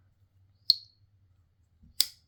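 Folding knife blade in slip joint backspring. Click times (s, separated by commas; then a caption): 0.7 s, 2.0 s. The blade of a second Rough Ryder Apta slip joint folding knife is opened and closed against its backspring. It snaps into place with much louder, sharp bright clicks at 0.7 s and 2.0 s, and the blade seats each time.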